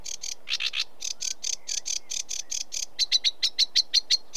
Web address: The BBC Sound Effects Library (British Birds) Sedge Warbler